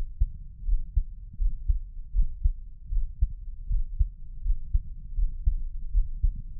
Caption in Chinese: ASMR×黑3Dio | 獻上我的心跳 | Give my Heartbeat | NO Talking。